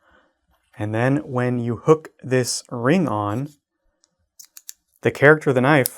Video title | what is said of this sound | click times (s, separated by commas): Shiny New Brands - New Knives August 6th, 2026 at KnifeCenter | It's locked into place. | 4.6 s, 4.7 s